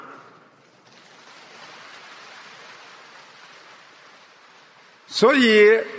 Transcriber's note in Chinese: 掌声